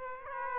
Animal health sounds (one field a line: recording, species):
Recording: mosquito wingbeat signal from an infrared sensor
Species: Aedes aegypti